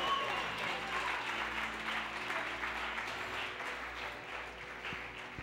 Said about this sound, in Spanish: Dele palmas al Señor con todo el corazón.